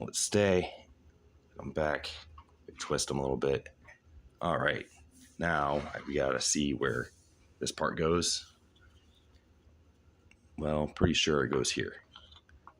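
Someone talks while handling a plastic accessory part for a Diamond Select Anti-Venom action figure, lining it up to find where it goes before pushing it in. Faint handling ticks sound between the speech, but nothing has seated or clicked into place yet.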